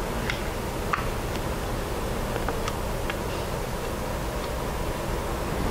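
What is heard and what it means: A rubber slide part is pushed all the way into the caliper bracket of a 2007 Jeep Grand Cherokee during a rear brake and rotor job. It snaps into place with sharp clicks at 0.3 s and 0.9 s, then a few fainter ticks follow over steady background noise. Both rubber parts are now seated in the bracket.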